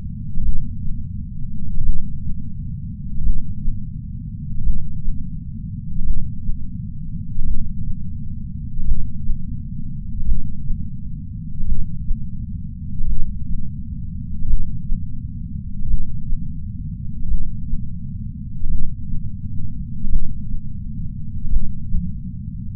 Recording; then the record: heart sounds by patch sensor on the chest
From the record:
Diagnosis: coronary artery disease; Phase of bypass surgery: intraoperative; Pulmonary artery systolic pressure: 27 mmHg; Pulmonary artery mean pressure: 20 mmHg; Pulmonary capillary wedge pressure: 14 mmHg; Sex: female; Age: 68 years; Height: 155 cm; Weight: 56 kg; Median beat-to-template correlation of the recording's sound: 0.95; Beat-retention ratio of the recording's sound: 1.00